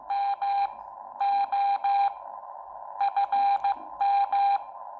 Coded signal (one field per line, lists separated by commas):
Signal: Morse code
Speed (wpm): 15 wpm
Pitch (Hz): 800 Hz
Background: none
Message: MO FM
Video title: Morse Code Practice -Xiegu X6100 - M0FXB